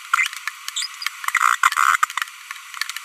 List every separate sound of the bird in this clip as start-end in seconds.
0.14-0.27, 0.77-0.85, 1.63-1.96